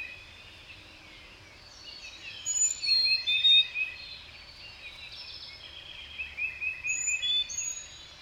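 Bird song of faint whistles and twittering trills in two bursts, against steady background noise.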